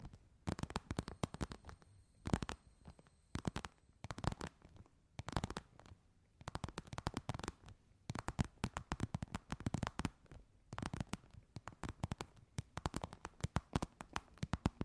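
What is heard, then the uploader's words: ASMR tapping: quick, dense taps and clicks in irregular bursts run throughout, with sharp, crisp attacks and brief pauses around two, six and eleven seconds. Between about one and four seconds, a faint steady high tone sits behind the tapping. ASMR Tapping For Sleep 100% Tingles! (No Talking).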